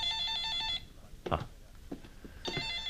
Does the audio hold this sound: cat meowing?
no